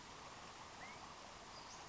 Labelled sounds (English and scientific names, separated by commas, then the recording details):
Western Flycatcher (Empidonax difficilis)
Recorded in Sonoma County, California